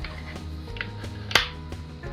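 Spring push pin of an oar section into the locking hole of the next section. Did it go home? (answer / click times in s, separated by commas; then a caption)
yes / 1.4 s. A spring push pin on one section of a three-piece oar is pressed down as the sections are slid together, and it snaps into the locking hole of the next section with a sharp click at 1.4 s, seating the joint. Music plays throughout, with a few fainter taps around it.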